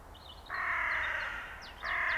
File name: Corvus corone